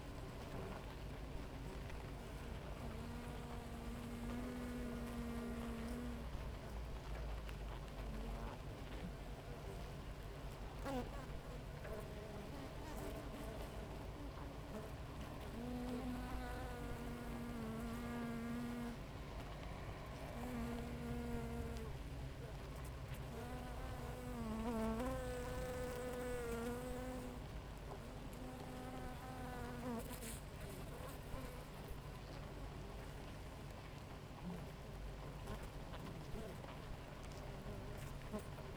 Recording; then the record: honeybee colony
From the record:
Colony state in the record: active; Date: 28 July 2017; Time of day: 6:18